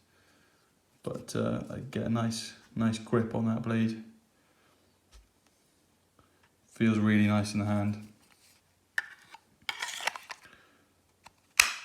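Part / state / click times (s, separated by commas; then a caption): folding knife blade into its handle / seated / 11.6 s. Someone talks, then handles a Böker Magnum "Lil Giant" folding pocket knife, with a few light clicks and scrapes as the metal blade is moved. At 11.6 s the blade folds back into its handle and snaps into its closed detent with a sharp, loud click, seating fully.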